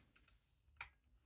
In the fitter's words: you can hear it click,